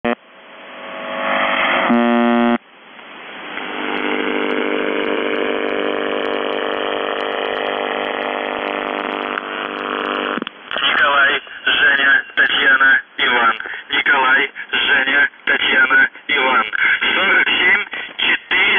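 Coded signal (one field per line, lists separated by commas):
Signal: numbers station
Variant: UVB-76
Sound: harsh droning buzz for several seconds, then a voice speaking short words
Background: radio static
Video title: The Buzzer/UVB-76(4625Khz) June 21, 2021 08:06UTC Voice message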